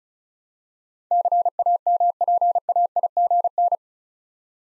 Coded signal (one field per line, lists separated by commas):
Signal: Morse code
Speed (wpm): 36 wpm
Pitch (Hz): 700 Hz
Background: none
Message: CAMPAIGN